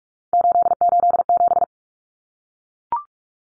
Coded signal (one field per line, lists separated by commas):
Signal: Morse code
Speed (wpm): 44 wpm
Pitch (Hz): 700 Hz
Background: none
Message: 887